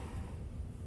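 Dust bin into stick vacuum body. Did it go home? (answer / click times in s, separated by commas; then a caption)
no / none. A plastic dust bin is handled as it slides back into the body of a Miele TRIFlex HX2 PRO stick vacuum to lock in place. Only a steady low rumble and handling noise are heard, with no distinct impacts. Nothing has seated or clicked yet.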